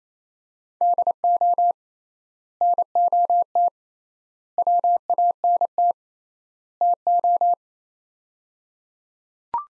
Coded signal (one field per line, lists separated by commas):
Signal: Morse code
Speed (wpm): 28 wpm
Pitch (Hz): 700 Hz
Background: none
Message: DO NOT WANT TO